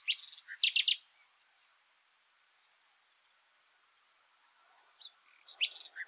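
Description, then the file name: Common nightingale song: brief loud clustered high notes, a long quiet gap, then another short burst of sharp chirps. "Luscinia megarhynchos"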